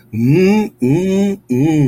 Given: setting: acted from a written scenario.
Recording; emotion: vocal sound without words; desire